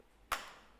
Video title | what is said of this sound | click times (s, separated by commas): How To Install a Velux Centre-Pivot Roof Window - Part 2 | when we push beyond that point you'll hear two clicks and that's those buttons that we popped in at the beginning have no pop back out and the sash is now secured | 0.3 s